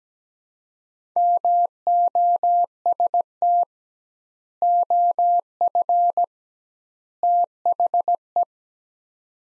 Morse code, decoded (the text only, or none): MOST OF THE